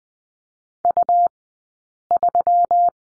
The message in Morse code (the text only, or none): U3